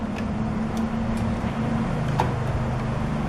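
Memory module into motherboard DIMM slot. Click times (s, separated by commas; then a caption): 2.2 s. A memory module is lined up in a motherboard DIMM slot and pressed down on its right and left sides until the retention latches lock, seating the module. A steady low hum runs throughout, and a short, sharp click of the latch locking is heard at 2.2 seconds. Someone talks.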